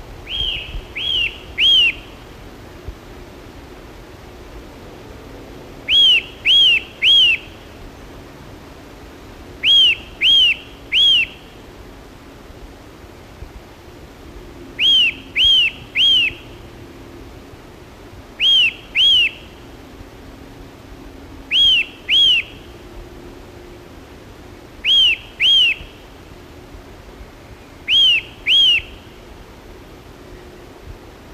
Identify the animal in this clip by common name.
Eurasian Nuthatch